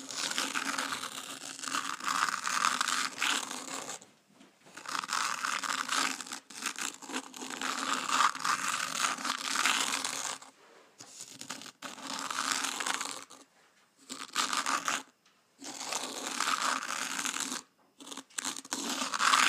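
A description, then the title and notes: A rake is drawn through the sand of a small zen garden in long, steady scraping strokes, each a dense, gritty hiss with a low undertone. The strokes run several seconds apart from each other, broken by short silent pauses near 4, 10.5, 14, 15.5 and 17.5 seconds. Raking my Sand Zen Garden.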